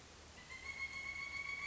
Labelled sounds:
Pileated Woodpecker (Dryocopus pileatus)
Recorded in Sonoma County, California

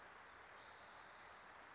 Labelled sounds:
Spotted Towhee (Pipilo maculatus)
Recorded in Sonoma County, California

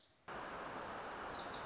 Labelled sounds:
Wilson's Warbler (Cardellina pusilla)
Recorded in Sonoma County, California

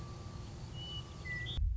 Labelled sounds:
Western Meadowlark (Sturnella neglecta)
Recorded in Sonoma County, California

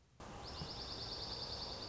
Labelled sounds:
Dark-eyed Junco (Junco hyemalis)
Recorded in Sonoma County, California

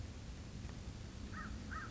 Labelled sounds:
American Crow (Corvus brachyrhynchos)
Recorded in Sonoma County, California

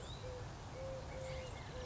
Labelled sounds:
Eurasian Collared Dove (Streptopelia decaocto)
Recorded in Sonoma County, California

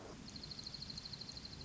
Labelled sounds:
Dark-eyed Junco (Junco hyemalis)
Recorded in Sonoma County, California

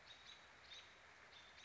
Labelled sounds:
American Robin (Turdus migratorius)
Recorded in Sonoma County, California

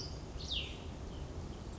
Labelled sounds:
Cassin's Vireo (Vireo cassinii)
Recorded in Sonoma County, California

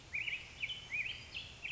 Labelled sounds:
Black-headed Grosbeak (Pheucticus melanocephalus)
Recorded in Sonoma County, California

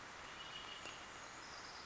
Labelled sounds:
Red-winged Blackbird (Agelaius phoeniceus)
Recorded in Sonoma County, California

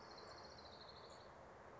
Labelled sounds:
Orange-crowned Warbler (Leiothlypis celata)
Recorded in Sonoma County, California

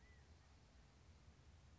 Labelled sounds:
California Quail (Callipepla californica)
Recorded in Sonoma County, California

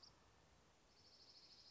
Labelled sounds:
Dark-eyed Junco (Junco hyemalis)
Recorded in Sonoma County, California

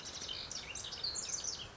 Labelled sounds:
Pacific Wren (Troglodytes pacificus)
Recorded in Sonoma County, California

